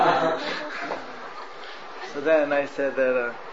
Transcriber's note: laughter